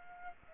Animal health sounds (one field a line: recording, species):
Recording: mosquito wingbeat signal from an infrared sensor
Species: Aedes aegypti